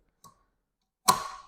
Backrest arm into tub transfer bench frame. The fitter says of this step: they simply snap right in or click right in